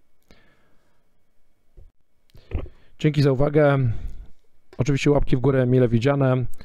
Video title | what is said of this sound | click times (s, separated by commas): LENOVO LEGION 5 💥 SSD & RAM Upgrade 🔥 | Chỉ sau đó, chúng tôi mới đóng vỏ để các chốt khớp vào vị trí. | 0.3 s, 2.3 s, 2.5 s